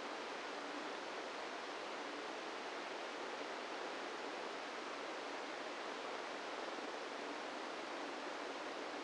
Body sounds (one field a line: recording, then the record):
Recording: brain microelectrode recording played as sound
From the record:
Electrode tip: inside the subthalamic nucleus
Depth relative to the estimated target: -2 mm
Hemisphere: right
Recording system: NeuroSet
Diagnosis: Parkinson's disease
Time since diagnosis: 17 years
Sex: male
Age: 64 years